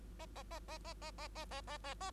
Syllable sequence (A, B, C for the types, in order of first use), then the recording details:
A A A A A A A A A A A A. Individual Bird2